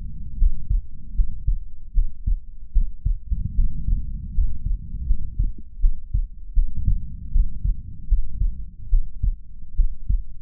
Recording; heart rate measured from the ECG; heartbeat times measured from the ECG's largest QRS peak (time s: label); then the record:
heart sounds by stethoscope; 77 bpm
0.36 s: heartbeat
1.13 s: heartbeat
1.92 s: heartbeat
2.71 s: heartbeat
3.53 s: heartbeat
4.32 s: heartbeat
5.04 s: heartbeat
5.79 s: heartbeat
6.52 s: heartbeat
7.30 s: heartbeat
8.06 s: heartbeat
8.88 s: heartbeat
9.74 s: heartbeat
From the record:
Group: healthy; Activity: rest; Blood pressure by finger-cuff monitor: 93/57 mmHg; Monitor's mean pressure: 69 mmHg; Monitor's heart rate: 77 bpm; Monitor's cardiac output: 6.3 L/min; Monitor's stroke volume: 81 mL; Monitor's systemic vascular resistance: 780 dyn s/cm5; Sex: female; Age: 26 years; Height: 165 cm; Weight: 55 kg